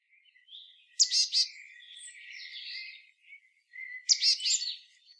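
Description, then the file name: Marsh tit calls: two bursts of sharp, high chipping notes followed by softer buzzy notes, the second burst about three seconds after the first. "Poecile palustris"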